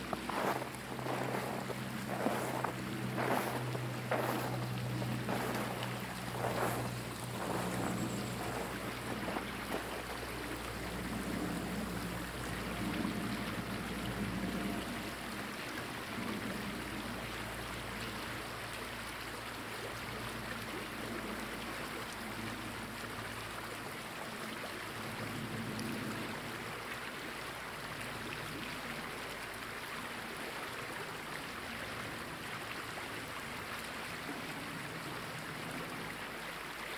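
Boots crunch through snow in a quick, regular rhythm for the first ten seconds or so, over a low steady hum. After that a flowing creek takes over as a dense, even rushing that carries on unchanged to the end.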